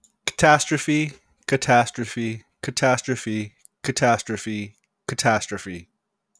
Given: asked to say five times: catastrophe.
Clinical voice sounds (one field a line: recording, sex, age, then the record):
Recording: repeated word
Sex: male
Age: 30 to 39 years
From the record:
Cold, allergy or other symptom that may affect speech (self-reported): no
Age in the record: 30 years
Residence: Nevada, United States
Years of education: 12